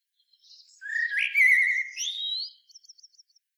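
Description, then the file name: Common blackbird song: a rich, mellow fluted warble rising into a squeaky, high twittering flourish, followed by several faint rapid ticks. "Turdus merula"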